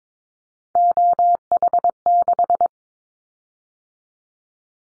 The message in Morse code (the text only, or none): OH6